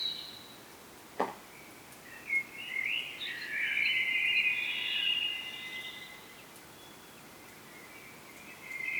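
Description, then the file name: Common blackbird singing a dense, warbled phrase of several seconds after a sharp knock, then a quiet pause and a brief note at the end. "Turdus merula"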